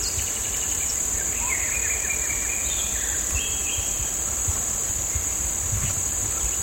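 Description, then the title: Constant high-pitched cicada buzzing runs throughout, with a few whistled bird notes and a low rumbling background. Recorded on a hill on the outskirts of San Cristóbal de Las Casas, Chiapas, in May 2021, with birds calling. "Ambiente cerca San Cristóbal, con Luna, aves, cigarras"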